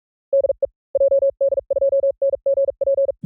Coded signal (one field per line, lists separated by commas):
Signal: Morse code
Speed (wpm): 46 wpm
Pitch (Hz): 550 Hz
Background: none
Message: DE JD2NGP